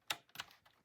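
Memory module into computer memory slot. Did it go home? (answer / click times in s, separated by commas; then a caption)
yes / 0.1 s. A RAM stick is pressed by hand into a memory slot of a 2013 Mac Pro, a slot with no snap latches. A sharp click at 0.1 s shows the module has seated, and fainter clicks and rustles follow.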